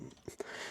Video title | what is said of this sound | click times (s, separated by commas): LEGO City Set 60324 Mobile Crane *Review* | even extend the boom a bit as you can here it kind of clicks into place as you go | 0.3 s, 0.4 s